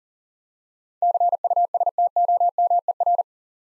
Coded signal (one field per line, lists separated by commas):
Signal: Morse code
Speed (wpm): 40 wpm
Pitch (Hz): 700 Hz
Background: none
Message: CUSTOMER